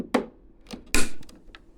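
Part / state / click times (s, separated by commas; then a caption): plastic support leg into the bottom of an electric space heater / seated / 0.9 s. A plastic support leg is pushed into the second hole on the bottom of a Trustech wall-mounted electric space heater. A sharp click-snap at 0.9 s locks it in place, with a softer knock before it and a few faint ticks after. The leg is seated.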